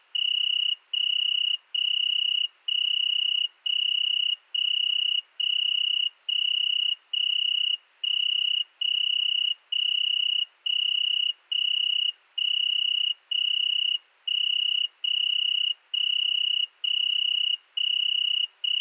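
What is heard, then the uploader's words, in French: An Italian tree cricket sings steadily from the vine just below a window. Its pure, high trill comes in regular bursts nearly a second long, separated by short gaps, about one per second throughout. The background is otherwise quiet. 13 août 2020 - 22h30 - Fourcinet ValMaravel - Nagra seven - mkh40 cardio. Un Grillon d'Italie (Oecanthus pellucens) c'est installé dans la vigne vierge sous ma fenêtre. LE GRILLON DE MA FENÊTRE.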